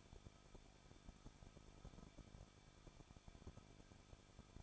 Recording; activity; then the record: daily activity, microphone in the room; no activity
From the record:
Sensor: 5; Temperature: 20.8 degrees Celsius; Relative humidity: 38.6%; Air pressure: 1006.5 hPa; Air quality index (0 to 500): 191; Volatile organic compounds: 20 ppm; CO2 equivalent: 2704 ppm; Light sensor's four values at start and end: 2/3/1/1 and 2/3/1/1